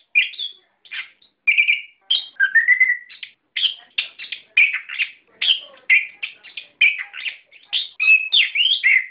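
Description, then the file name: Songbird song with varied chirps, short whistles and a slurred rising note, delivered in quick bursts. Masteran, song-training recording for cage birds. "ak-masteran -omkicau"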